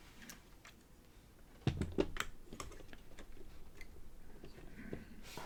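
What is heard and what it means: A flipped-down plastic brick section of a LEGO Optimus Prime robot model is handled and pressed toward its spot in the model's chest, making light plastic taps and knocks, with the sharpest around 1.7, 2.0 and 2.2 seconds. The clip ends before the part goes home; nothing has snapped into place yet.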